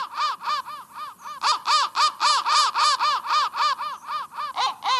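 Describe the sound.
Crow calls: a fast run of harsh, arched caws, growing louder after the first second and a half, with no other clear sounds.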